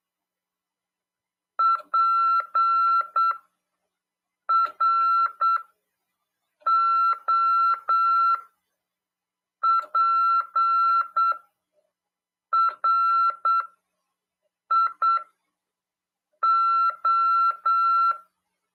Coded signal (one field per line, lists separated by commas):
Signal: Morse code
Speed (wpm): 8 wpm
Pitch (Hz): 1350 Hz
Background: none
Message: PROPRIO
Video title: RADIOAMADOR 1ªEd 14/12/2022 "AULA 45: CW, LEGIS e C.RODADA" FM 146.410 Mhz. PY2EXU PAULO CRASP/RAF.